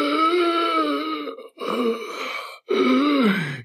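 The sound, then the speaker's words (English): A person gasps for air three times, each drawn-out, strained breath carrying a moaning, voiced tone, with short pauses between them. A voice imitating the labored, desperate breathing of a crucified man whose fallen rib cage presses on his lungs. “And every time he would breathe, it was like gasping for air.”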